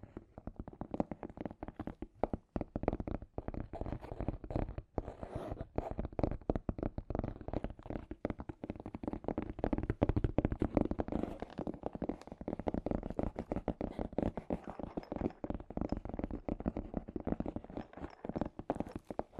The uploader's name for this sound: Scratchy Tapping